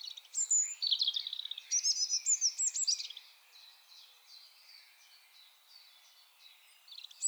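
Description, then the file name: European robin delivering one long, liquid phrase of high twittering and trilled notes, then softer scattered chirps and a final bright note. "Erithacus rubecula"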